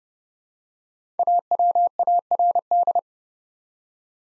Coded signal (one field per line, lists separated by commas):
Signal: Morse code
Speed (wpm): 30 wpm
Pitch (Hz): 700 Hz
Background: none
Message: AWARD